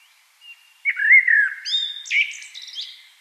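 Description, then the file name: Common blackbird with a single phrase of smooth, low fluted whistles that ends in a bright, high-pitched chattering twitter. "Turdus merula"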